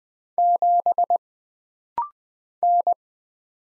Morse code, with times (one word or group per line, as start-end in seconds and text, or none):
0.4-1.2 7
2.6-2.9 N